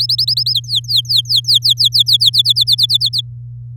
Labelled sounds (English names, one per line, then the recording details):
Domestic Canary song
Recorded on 8 May 2018 at 08:03
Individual llb16